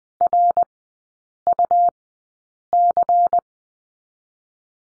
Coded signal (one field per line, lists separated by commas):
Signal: Morse code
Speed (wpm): 20 wpm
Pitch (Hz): 700 Hz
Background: none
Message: RUC